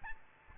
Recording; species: mosquito wingbeat signal from an infrared sensor; Aedes albopictus